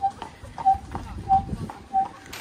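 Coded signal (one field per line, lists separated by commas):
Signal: none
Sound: bird or device beeps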